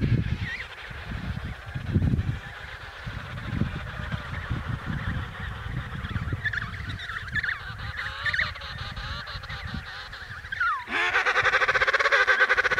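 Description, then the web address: Emperor penguin call over steady colony chatter and low rumble, ending in a loud, sharply rising, rapidly pulsed harmonic call. Recorded in Antarctica. "Antarctia Pinguins Keizerpinguins"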